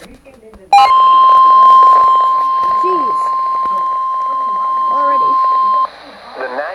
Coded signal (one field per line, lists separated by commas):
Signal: Emergency Alert System (SAME) tones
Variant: 1050 Hz attention tone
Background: speech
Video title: EAS #31 - Perfect Timing